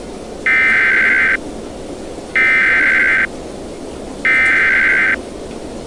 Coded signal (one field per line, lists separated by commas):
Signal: Emergency Alert System (SAME) tones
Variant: header bursts